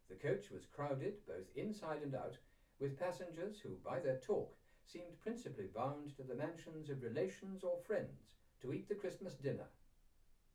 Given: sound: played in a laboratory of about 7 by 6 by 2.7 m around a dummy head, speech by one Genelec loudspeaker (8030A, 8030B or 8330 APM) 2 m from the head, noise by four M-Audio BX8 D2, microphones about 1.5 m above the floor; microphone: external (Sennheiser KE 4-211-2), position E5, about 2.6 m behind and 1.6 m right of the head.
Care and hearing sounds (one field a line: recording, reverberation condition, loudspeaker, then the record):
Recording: male speech in English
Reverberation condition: low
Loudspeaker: 90 degrees to the left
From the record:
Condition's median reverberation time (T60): about 310 ms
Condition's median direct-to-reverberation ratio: about 3.5 dB